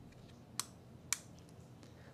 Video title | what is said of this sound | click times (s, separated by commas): Unboxing My New DJI Osmo Pocket 3 - THIS IS INSANE! 🤯 | kapag narinig niyo na yyung click guys that means secured na yung handle niyo so Ayan | 0.6 s, 1.1 s